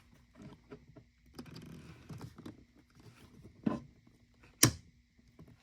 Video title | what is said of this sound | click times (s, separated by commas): Front Door Panel Removal & Installation 2019 Infiniti QX60 | You hear click as it clicks in place, and there I will reconnect the second one. | 4.6 s